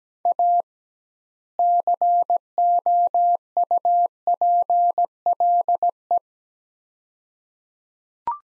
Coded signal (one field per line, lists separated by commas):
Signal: Morse code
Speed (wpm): 17 wpm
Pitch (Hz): 700 Hz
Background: none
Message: A COUPLE